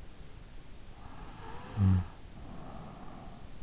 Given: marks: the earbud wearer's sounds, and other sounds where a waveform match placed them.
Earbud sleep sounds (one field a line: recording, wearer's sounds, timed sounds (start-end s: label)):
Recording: sounds in sleep by an in-ear microphone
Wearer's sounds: snoring breath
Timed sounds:
1.03-3.43 s: snoring breath